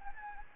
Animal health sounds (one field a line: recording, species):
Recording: mosquito wingbeat signal from an infrared sensor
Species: Anopheles gambiae